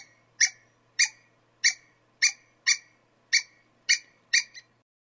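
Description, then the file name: Squirrel calls: eight rasping chips in a series over a faint hum. "suara-bajing omkicau"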